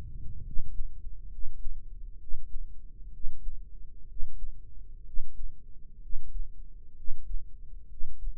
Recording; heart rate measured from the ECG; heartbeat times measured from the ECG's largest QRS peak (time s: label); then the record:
heart sounds by microphone in the right ear; 65 bpm
0.44 s: heartbeat
1.29 s: heartbeat
2.18 s: heartbeat
3.11 s: heartbeat
4.07 s: heartbeat
5.04 s: heartbeat
6.00 s: heartbeat
6.94 s: heartbeat
7.87 s: heartbeat
From the record:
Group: healthy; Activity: rest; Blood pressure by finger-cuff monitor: 114/74 mmHg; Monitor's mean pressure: 87 mmHg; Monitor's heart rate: 64 bpm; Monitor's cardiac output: 5.4 L/min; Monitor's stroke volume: 84 mL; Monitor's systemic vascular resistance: 1200 dyn s/cm5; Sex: male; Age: 21 years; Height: 170 cm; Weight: 71 kg